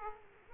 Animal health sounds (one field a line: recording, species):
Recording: mosquito wingbeat signal from an infrared sensor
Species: Aedes aegypti